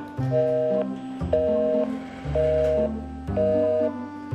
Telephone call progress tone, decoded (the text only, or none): busy tone